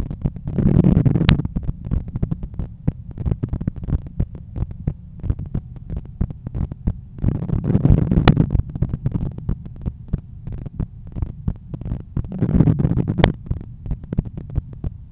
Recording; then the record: heart sounds by stethoscope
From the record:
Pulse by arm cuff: 87 bpm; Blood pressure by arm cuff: 134/83 mmHg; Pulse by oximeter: 88 bpm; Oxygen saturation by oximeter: 98%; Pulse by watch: 88 bpm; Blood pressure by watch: 125/81 mmHg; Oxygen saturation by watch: 97%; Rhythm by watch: sinus rhythm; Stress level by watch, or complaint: low stress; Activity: after 10 min smoking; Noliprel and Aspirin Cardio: after pills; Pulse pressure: 51 mmHg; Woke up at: 7:20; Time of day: 13:05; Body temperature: 35.1 C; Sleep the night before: 8 h 11 min, score 61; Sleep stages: REM 22%, light 68%, deep 3%, awake 7%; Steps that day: 9500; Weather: sunny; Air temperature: 26.2 C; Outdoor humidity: 53%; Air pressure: 1015 hPa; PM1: 8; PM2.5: 11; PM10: 13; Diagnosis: hypertension, treated with Noliprel and Aspirin Cardio 100 mg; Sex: male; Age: 53 years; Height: 174 cm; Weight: 81 kg